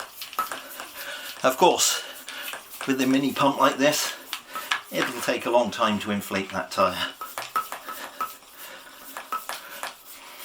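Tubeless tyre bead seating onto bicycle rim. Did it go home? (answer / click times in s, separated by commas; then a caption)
no / none. A tubeless bicycle tyre on its rim is being inflated with a hand mini-pump while someone talks, with short sharp knocks and rustling handling sounds throughout. The tyre bead has not clicked or seated onto the rim yet by the end of the clip.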